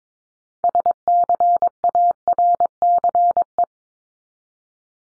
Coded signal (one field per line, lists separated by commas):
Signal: Morse code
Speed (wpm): 22 wpm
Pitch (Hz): 700 Hz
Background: none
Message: SCARCE